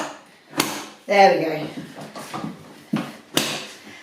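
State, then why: Seated. An Ickle Bubba Stomp V2 infant car seat is lined up with the pushchair frame mounts and pushed down while someone talks, with a knock at about 0.6 s and a duller thud near 3.0 s. The seat locks onto the frame with a sharp click at 3.4 s, a little stiff because it is new.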